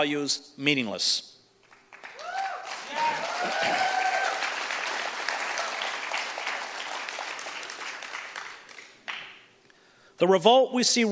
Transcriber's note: audience applause